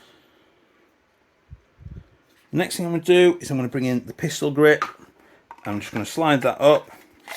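A pistol grip is being brought in and slid up onto the receiver of a Double Bell AK023 airsoft AK (AKM variant), with a few faint handling knocks near 1.5–2.2 s before someone talks. A brief sharp sound comes at the very end, around 7.4 s, but nothing has seated or clicked yet.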